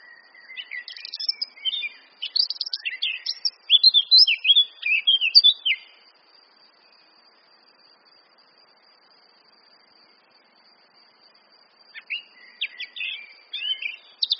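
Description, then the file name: Eurasian blackcap singing a fast, scratchy warble that turns into loud, clear fluty notes, then silence before another hurried warbled phrase begins near the end. "Sylvia atricapilla"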